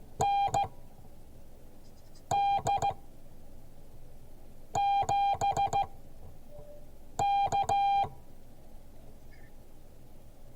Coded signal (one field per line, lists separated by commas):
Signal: Morse code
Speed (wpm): 15 wpm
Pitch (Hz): 800 Hz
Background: none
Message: ND7K